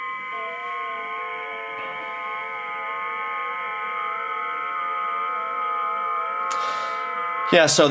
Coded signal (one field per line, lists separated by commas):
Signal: FT8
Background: speech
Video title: QMX + iFTx and IPAD FT8 Operations